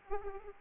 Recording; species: mosquito wingbeat signal from an infrared sensor; Aedes aegypti